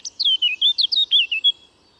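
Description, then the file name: Eurasian blackcap song, a short run of clear fluty whistled notes, each sliding downward, ending abruptly after about one and a half seconds. "Sylvia atricapilla"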